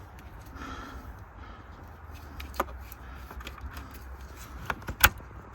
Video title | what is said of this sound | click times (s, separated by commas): Installing A Oil Catch Can On My 2022 Camaro #AmericanMuscle #Install #oilcatchcan #V8 #2022 | and it snaps so i'll pull it out make sure i don't come out got it in right | 5.1 s